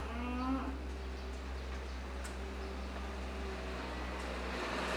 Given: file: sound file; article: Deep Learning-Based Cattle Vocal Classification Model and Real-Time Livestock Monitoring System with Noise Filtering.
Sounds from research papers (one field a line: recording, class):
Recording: cattle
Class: normal call